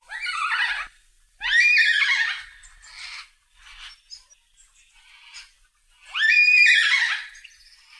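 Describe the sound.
Yellow-tailed black cockatoo screeching calls: three loud, harsh, drawn-out wails, with softer calls in the gaps between them.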